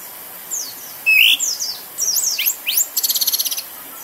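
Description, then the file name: Orange-headed thrush song: quick, varied sweeping whistles and slurred notes, ending in a rapid trill of repeated notes, over steady background hiss. Singing intensely; song described as 'teler gacor'. "suara anis merah teler gacor dor"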